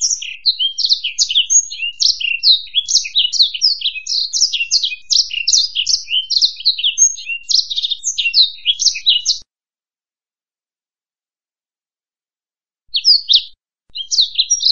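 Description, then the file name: Black-throated canary in full song, a long, high, rapid stream of varied chirps and trills, then a pause and two brief twittered bursts. "suara burung blackthroat"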